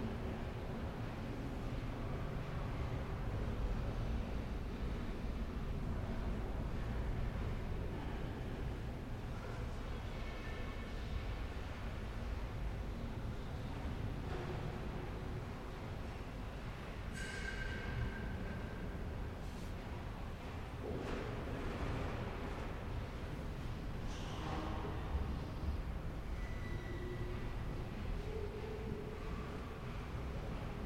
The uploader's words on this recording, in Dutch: Sint Janskathedraal, Den Bosch, Netherlands. There was a service in proceedings for the celebration of Pentecost. The opening and closing of the gates on the stalls as people come to sit down.